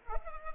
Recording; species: mosquito wingbeat signal from an infrared sensor; Culex pipiens